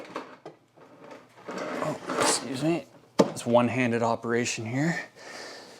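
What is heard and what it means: The second side of the folding handle on a Ryobi 40V 18-inch snowblower is unfolded and its handle lock clicks into place at 0.2 s, the same click as the first side, followed by another short knock at 0.5 s. Someone then talks while handling it. The handle ends up locked in position.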